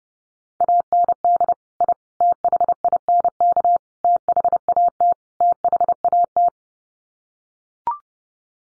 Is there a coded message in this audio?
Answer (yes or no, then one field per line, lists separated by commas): yes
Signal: Morse code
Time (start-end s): 0.6-6.5 s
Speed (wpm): 30 wpm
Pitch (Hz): 700 Hz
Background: none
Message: AND I THINK THAT THAT